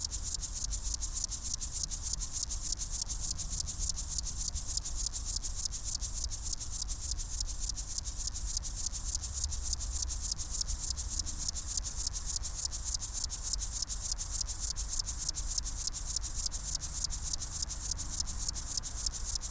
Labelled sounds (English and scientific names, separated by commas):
Upland Field Grasshopper (Chorthippus apricarius)